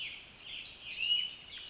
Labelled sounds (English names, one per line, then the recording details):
Song Sparrow
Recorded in Sonoma County, California